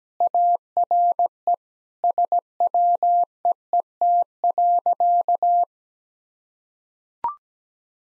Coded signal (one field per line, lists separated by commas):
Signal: Morse code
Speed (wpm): 17 wpm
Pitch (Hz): 700 Hz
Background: none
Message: ARE SWEET.